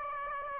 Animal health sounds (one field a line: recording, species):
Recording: mosquito wingbeat signal from an infrared sensor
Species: Aedes aegypti